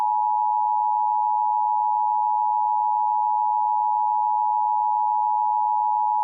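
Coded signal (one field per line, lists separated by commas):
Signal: Emergency Alert System (SAME) tones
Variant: 853 and 960 Hz attention tone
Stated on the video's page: Mock EAS severe thunderstorm warning, simulated.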